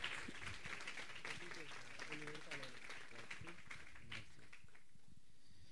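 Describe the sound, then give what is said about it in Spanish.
A crowd at a church youth camp applauds steadily to welcome a guest speaker, a dense wash of many hands clapping at an even level throughout, with faint voices and cheers mixed into the clapping. “que lo queremos recibir con un fuerte aplauso para que él va a estar compartiendo en este día.”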